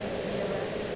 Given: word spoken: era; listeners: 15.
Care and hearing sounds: one English word in noise, from a listening test; speech-shaped noise; -6.8 dB; 0 of 15; 9 of 15; 0.55 s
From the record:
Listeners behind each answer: 9, 2, 1, 1, 1, 1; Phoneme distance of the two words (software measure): 17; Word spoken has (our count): 2 syllables, 3 phonemes, stress on syllable 1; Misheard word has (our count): 2 syllables, 4 phonemes, stress on syllable 1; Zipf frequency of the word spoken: 4.40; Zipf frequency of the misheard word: 4.45

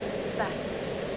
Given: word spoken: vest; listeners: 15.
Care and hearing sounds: one English word in noise, from a listening test; speech-shaped noise; -5.4 dB; 4 of 15; 10 of 15; 0.78 s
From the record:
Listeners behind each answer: 10, 4, 1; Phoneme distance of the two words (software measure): 10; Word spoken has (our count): 1 syllable, 4 phonemes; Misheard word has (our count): 1 syllable, 4 phonemes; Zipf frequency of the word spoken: 3.54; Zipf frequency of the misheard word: 5.78

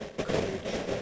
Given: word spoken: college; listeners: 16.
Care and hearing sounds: one English word in noise, from a listening test; noise modulated by three-talker babble; -7.7 dB; 0 of 16; 9 of 16; 0.62 s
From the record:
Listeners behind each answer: 9, 1, 1, 1, 1, 1, 1, 1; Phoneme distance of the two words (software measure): 20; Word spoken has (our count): 2 syllables, 5 phonemes, stress on syllable 1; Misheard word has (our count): 2 syllables, 5 phonemes, stress on syllable 1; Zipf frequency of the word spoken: 4.65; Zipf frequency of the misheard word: 4.21

